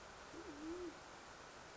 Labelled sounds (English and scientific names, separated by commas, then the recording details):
Band-tailed Pigeon (Patagioenas fasciata)
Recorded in Sonoma County, California